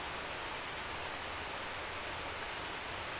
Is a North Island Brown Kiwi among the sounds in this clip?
no